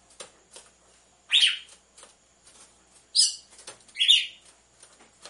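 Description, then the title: Red-cowled cardinal giving three short, harsh chirped notes in the upper range, spaced one to two seconds apart, over faint ticking clicks. Female song, used to warm up males, with a beat of two males. "Canto Galo Campina Fêmea. ESQUENTE GALO DE CAMPINA COM BATIDA DE DOIS MACHOS"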